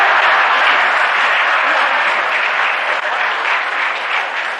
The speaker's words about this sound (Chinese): 这时全场观众不得不再一次起立，为我们中国队员取得第二局的胜利而欢呼，中国庄子栋，庄子栋，庄子栋。